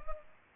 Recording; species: mosquito wingbeat signal from an infrared sensor; Culex pipiens